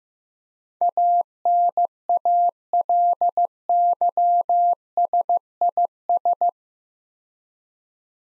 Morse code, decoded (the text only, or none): ANALYSIS